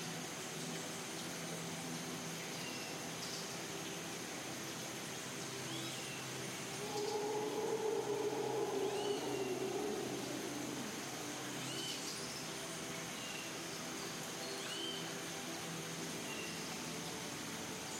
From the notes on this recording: serene rainforest soundscapes and ambient music